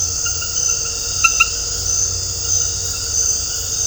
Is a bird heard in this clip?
no